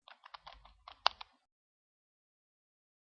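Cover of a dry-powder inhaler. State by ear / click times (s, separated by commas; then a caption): released / 1.1 s. The cover of a dry-powder disc inhaler (Accuhaler) is opened. Several soft clicks and rattles lead up to a sharp, loud click at 1.0 s as the cover clicks open, followed by a smaller click, then silence.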